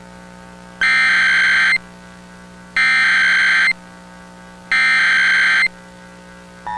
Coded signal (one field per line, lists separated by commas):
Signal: Emergency Alert System (SAME) tones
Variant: header bursts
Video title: EAS Scenario - Escalation (18)